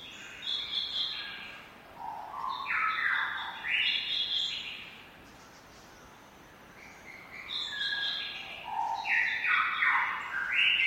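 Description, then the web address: Lyrebird squawks in two harsh, clattering bursts of stepped notes separated by a short quiet gap. More than one lyrebird, squawking. "lyrebirds squaking. lyrebirds squeaking"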